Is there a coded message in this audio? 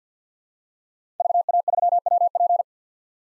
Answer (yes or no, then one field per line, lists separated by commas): yes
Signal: Morse code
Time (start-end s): 1.2-2.6 s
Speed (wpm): 50 wpm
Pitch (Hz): 700 Hz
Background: none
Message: VA3WP